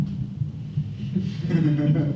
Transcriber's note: laughter